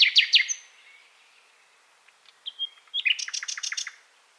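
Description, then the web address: Common nightingale song: a loud burst of rapid repeated notes, a pause, then a pure whistle leading into a fast, rattling series of harsh repeated notes. "SETE Luscinia megarhynchos"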